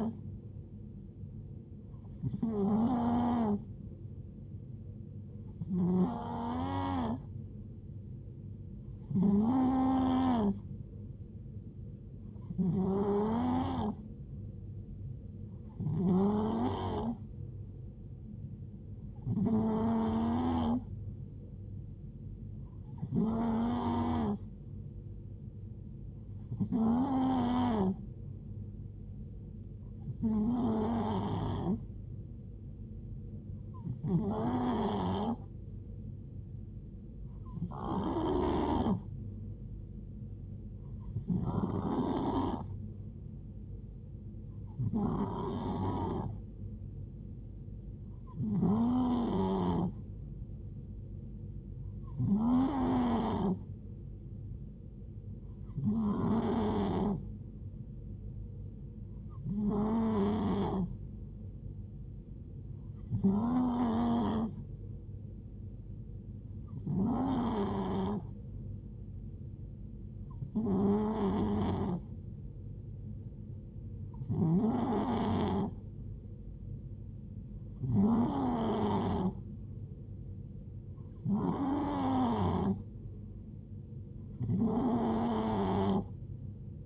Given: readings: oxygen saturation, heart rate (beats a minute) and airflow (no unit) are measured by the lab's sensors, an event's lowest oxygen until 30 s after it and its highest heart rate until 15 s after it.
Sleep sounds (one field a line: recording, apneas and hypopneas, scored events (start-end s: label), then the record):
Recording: breathing in sleep by a smartphone at the bedside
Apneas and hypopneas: 1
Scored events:
20.00-37.00 s: hypopnea (N2, oxygen 91% highest, then 91% lowest)
From the record:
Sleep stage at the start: N2 (light sleep)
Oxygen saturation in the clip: 91 to 92%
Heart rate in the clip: 63 to 75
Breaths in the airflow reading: 24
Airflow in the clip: -4.5 to 3.2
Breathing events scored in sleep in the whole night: 389 in 6.3 hours asleep